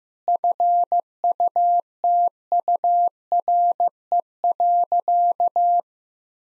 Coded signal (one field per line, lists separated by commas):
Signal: Morse code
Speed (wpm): 15 wpm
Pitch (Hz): 700 Hz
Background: none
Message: FUTURE.